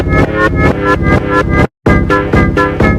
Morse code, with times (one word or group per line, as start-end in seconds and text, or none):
none